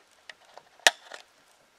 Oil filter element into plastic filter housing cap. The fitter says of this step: can put them on either way and you just push it into here snap thought